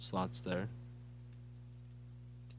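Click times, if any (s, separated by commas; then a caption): 2.5 s. Someone talks briefly as two translucent plastic tabs on the roof/back section of a transforming toy robot figure are pegged into their slots in the body. After a stretch of quiet over a steady low hum, a short, sharp click at 2.5 s marks the tabs seating, locking in fairly securely.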